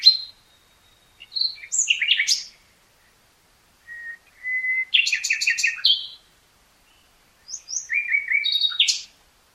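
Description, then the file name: Common nightingale song: several varied phrases of whistles, clicks and trills, one opening with a long thin whistle, separated by pauses. "Luscinia megarhynchos"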